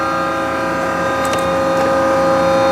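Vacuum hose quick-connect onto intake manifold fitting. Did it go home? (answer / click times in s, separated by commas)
no / none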